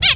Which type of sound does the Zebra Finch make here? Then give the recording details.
distance call. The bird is a male. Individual mal5